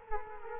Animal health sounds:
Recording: mosquito wingbeat signal from an infrared sensor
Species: Culex quinquefasciatus

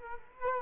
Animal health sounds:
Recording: mosquito wingbeat signal from an infrared sensor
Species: Culex quinquefasciatus

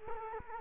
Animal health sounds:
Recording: mosquito wingbeat signal from an infrared sensor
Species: Culex quinquefasciatus

